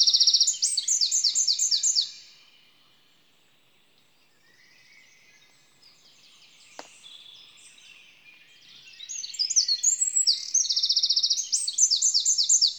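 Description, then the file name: Eurasian wren singing high, rapid trilled phrases, falling quiet for several seconds with only faint twitters and a click, then bursting into the trilling song again. "Troglodytes troglodytes"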